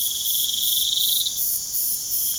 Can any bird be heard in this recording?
no